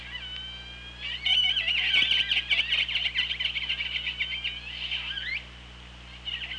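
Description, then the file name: Killer whale pulsed call held for several seconds with a rapid buzzing texture and stacked harmonics, ending in a rising sweep, over a constant low hum. OrcaLab hydrophone recording, 24 August 2017, 17:35. "Orca Lab UTLN JASON 20170824 173512"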